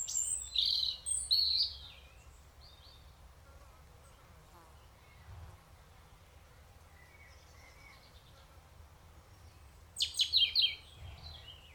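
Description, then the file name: European robin song: a warbled high phrase at the start and a second rapid phrase near the end, separated by quiet with faint twittering. "Erithacus rubecula"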